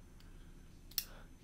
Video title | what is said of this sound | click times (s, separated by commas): Pocket Dump! Spyderco Mantra 3, ZT 0462, and Spyderco Square Head! | frame lock right there that clicks right in | 1.0 s